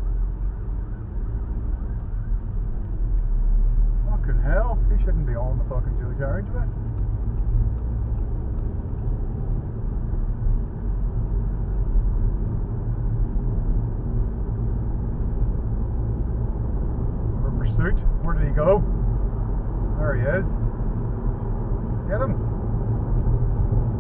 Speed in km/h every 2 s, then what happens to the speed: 8, 10, 15, 18, 23, 29, 34, 39, 47, 53, 56, 61.
0-24 speeds up to 61.